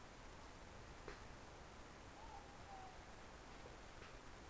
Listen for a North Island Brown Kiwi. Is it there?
no